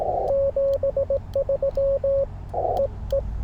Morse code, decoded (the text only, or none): 73 EE